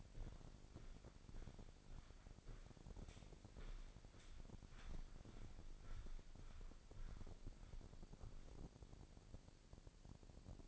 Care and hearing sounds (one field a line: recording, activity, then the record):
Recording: daily activity, microphone in the room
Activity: walk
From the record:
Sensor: 5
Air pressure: 1009.4 hPa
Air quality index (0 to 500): 146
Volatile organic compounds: 2 ppm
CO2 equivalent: 1127 ppm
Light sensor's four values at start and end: 310/730/316/353 and 310/729/316/352